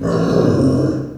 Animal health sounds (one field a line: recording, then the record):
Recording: squeal of a Yucatan mini pig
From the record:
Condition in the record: after surgery on the right vocal fold (resection and tissue-engineered implant)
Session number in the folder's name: 7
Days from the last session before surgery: 47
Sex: female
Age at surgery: 19 weeks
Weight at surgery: 25 kg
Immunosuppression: prednisolone